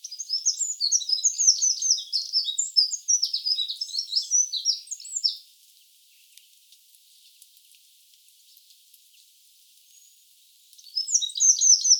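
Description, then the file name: Eurasian wren song, a long loud rush of rapid high trills, a quiet gap of about five seconds, then the song starts again. "Troglodytes troglodytes"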